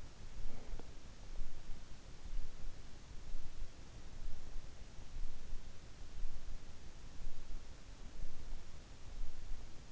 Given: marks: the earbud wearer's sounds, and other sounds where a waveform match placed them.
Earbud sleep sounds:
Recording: sounds in sleep by an in-ear microphone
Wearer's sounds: breath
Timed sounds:
0.00-1.64 s: breath

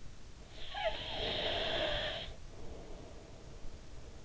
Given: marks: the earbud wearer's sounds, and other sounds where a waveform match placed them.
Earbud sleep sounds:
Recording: sounds in sleep by an in-ear microphone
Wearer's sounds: snoring breath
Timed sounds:
0.27-4.25 s: snoring breath

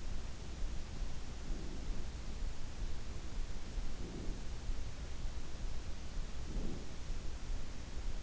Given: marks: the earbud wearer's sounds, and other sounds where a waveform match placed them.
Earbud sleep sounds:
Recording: sounds in sleep by an in-ear microphone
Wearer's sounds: breath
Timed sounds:
1.20-1.91 s: breath
3.85-4.57 s: breath
6.36-7.00 s: breath

